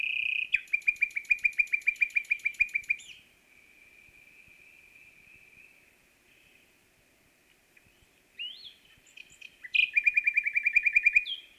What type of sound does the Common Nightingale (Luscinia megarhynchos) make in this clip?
song